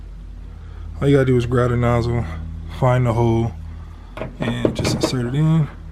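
A plastic windshield washer sprayer nozzle for a Chrysler 300 is being handled and lined up with its hole in the hood panel while someone talks, with a low steady hum underneath. Nothing has seated or clicked into the hood yet.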